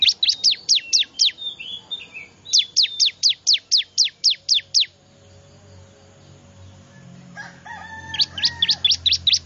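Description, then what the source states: Bar-winged prinia calling loudly in runs of rapid, sharp, high-pitched chips; a quieter pause with faint whistles comes before another run. Noisy lure call to attract wild birds; Indonesian name ciblek.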